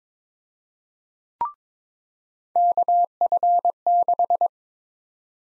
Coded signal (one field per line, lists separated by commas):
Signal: Morse code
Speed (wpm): 22 wpm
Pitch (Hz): 700 Hz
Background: none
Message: KF6